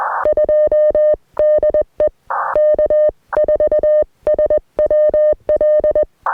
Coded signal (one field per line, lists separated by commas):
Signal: Morse code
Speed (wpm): 21 wpm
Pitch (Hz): 610 Hz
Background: music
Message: 2 DE K4SWL